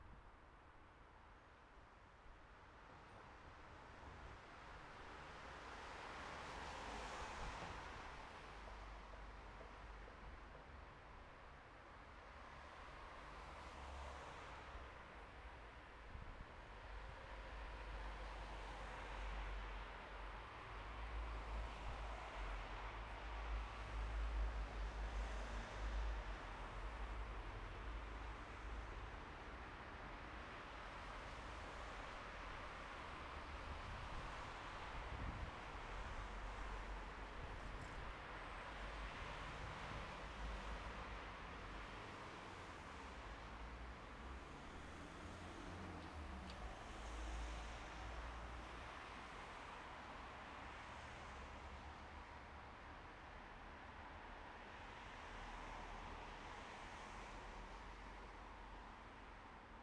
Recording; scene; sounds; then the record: everyday scene through a hearing-aid microphone; in traffic; traffic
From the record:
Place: bus stop on a city main road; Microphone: behind the ear, right, rear